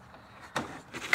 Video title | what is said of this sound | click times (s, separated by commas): NEW 2013-2015 Lexus ES350 Front Bumper Installation. 10 Minute Easiest Install. | go ahead and plug it into place. You should hear that click, | 1.1 s